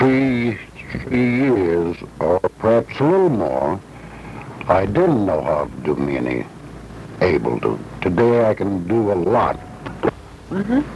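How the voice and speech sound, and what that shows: A man speaks fluently, with ordinary rhythm and intonation and a brief repeated word at the start, but the sentences are garbled and empty of meaning ("I didn't know how to do me any able to"). This fluent but jumbled speech is typical of Wernicke's aphasia.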